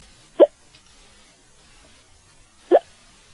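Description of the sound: Two sharp, abrupt throat clicks a little over two seconds apart: hiccups in an adult, the involuntary diaphragm spasm snapping the voice box shut.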